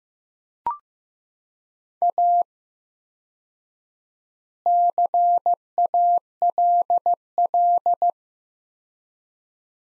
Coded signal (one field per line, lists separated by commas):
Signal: Morse code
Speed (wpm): 15 wpm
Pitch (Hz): 700 Hz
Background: none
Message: A CALL